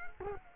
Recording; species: mosquito wingbeat signal from an infrared sensor; Culex quinquefasciatus